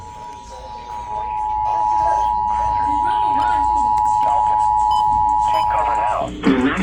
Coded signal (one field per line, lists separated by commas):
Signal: Emergency Alert System (SAME) tones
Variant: 853 and 960 Hz attention tone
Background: speech, music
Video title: EAS COMP FOR 2024 EAS ALERTS FROM #eas 1488 TO #eas 1578